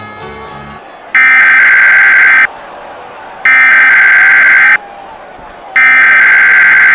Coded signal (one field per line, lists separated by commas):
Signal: Emergency Alert System (SAME) tones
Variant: header bursts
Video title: (EAS Scenario) Invasion by Aliens